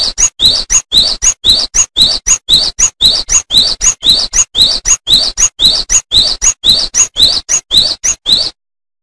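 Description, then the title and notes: Bird giving a rapid, regular series of many bright, high chirps. Bird song from Indonesia. "Kumpulan Kicau Burung Indonesia"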